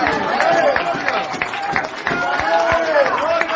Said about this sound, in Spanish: Qué aplauso más aguado